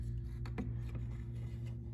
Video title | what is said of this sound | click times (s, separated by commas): 2015 - 2020 Cadillac Escalade License Plate Light - How To Remove Replace Change Bulb Replacement | line this up, tighten it up till you hear that click. | 0.5 s